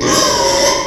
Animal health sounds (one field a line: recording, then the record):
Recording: squeal of a Yucatan mini pig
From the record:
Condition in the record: before surgery on the right vocal fold (resection and tissue-engineered implant)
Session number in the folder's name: 1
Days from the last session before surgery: -3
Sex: male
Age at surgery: 12 weeks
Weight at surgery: 13 kg